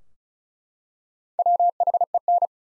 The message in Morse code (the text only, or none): WHEN